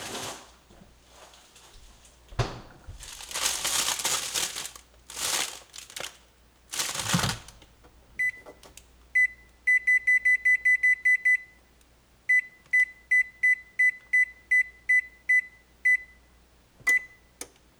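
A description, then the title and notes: Cooking sounds with rustling and crinkling bursts of packaging, then a run of regular high electronic beeps from an oven being set. Cooking a Frozen Pizza. In this episode Parker cooks a frozen pizza (amongst other background activity).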